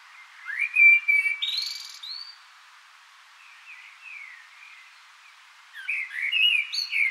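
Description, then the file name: Common blackbird song with two phrases of fluty whistles mixed with high scratchy notes, one near the start and one at the end, separated by a quieter stretch. "Turdus merula"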